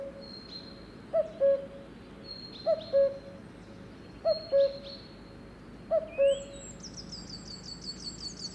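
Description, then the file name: Cuckoo calling a falling two-note phrase four times at even spacing, with high whistles and a quick rising trill from another bird near the end. "minutes of cuckoos"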